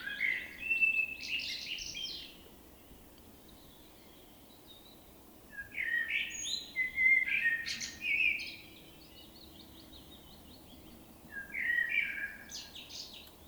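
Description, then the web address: Common blackbird delivering three melodious warbled phrases, each closing with high-pitched squeaky notes, with pauses of a few seconds between them. "SETE data Turdus merula"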